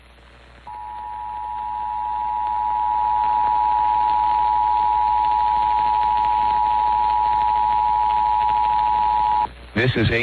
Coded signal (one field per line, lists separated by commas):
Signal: Emergency Alert System (SAME) tones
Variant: 853 and 960 Hz attention tone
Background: speech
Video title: [EAS #2707-#2709] Wednesday Tests (9/20/23)